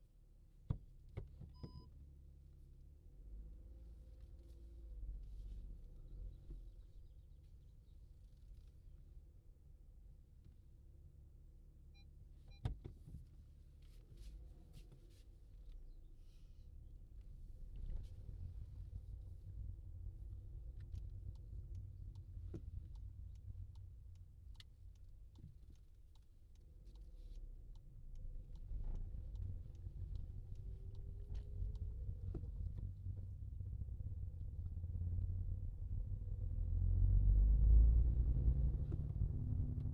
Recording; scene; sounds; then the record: everyday scene through a hearing-aid microphone; in a vehicle; driving off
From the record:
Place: Skoda Fabia, gasoline engine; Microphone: in the ear canal, left